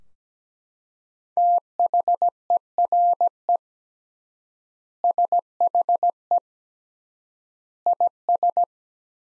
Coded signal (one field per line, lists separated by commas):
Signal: Morse code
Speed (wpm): 17 wpm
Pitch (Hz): 700 Hz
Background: none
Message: THERE SHE IS